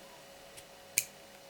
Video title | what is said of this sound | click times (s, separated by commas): VW ,AUDI ,SEAT AND PORSCHE CONNECTORS 3.5 TERMINAL’S. (HOW TO FIT AND REMOVE | it just clicks into place | 1.0 s